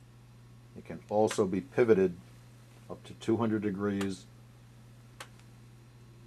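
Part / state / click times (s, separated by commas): pivoting head of a gun cleaning fixture locking on its base / seated / 5.2 s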